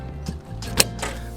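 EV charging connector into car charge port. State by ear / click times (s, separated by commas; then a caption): seated / 0.8 s. An EV charging connector is pushed into the charge port of a 2021 Toyota RAV4 Prime for 240-volt charging. Faint handling rustles at about 0.3 s and 0.6 s are followed by a sharp, loud click at 0.8 s as the connector seats and locks in place.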